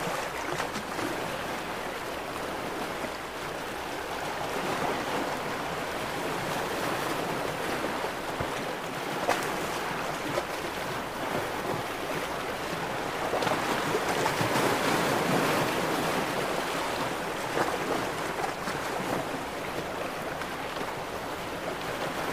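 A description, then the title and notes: Ocean waves wash in a steady, dense hiss, swelling slightly around fifteen seconds, with a faint low rumble of wind beneath. Soothing and Relaxing Ocean Wave Sounds.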